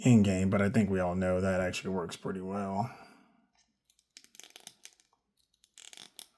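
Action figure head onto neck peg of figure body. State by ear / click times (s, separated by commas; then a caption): not seated / none. Someone talks for the first three seconds, then a swap head for a plastic Mafex Captain America action figure is pushed onto the body's neck peg, giving faint handling ticks and scrapes between about 4.2 and 6.2 seconds. The head goes on but does not snap into place, and nothing has seated or clicked yet.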